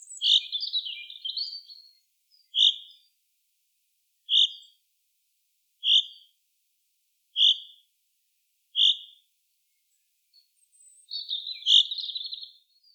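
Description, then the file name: Common chaffinch calls: a steady series of short, sharp pink notes repeated roughly every one and a half seconds, framed by brief twittering bursts at start and end. "Fringilla coelebs"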